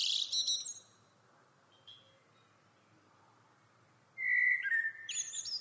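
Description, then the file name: Common blackbird: a brief high scratchy burst, a long quiet pause, then a clear whistled note dropping into a high squeaky twitter. "Turdus merula"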